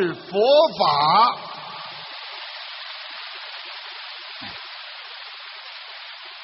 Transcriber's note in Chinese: 掌声